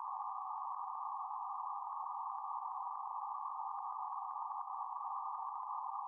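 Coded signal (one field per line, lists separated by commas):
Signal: PSK31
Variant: BPSK31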